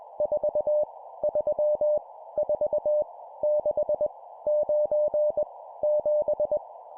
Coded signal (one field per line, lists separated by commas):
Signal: Morse code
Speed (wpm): 21 wpm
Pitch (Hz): 600 Hz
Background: none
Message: 4 3 4 6 9 7